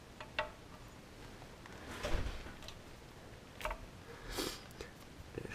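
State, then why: Seated. A metal cam sprocket with its timing chain is fitted onto the camshaft of a Piranha 140cc dirt bike engine during timing chain installation. Several light ticks are heard, the loudest a sharp metallic click at 0.4 s as the sprocket seats into place.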